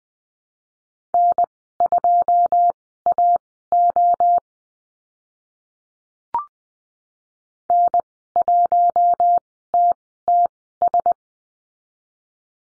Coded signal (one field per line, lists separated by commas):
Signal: Morse code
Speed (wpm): 20 wpm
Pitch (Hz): 700 Hz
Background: none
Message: N2AO N1TTS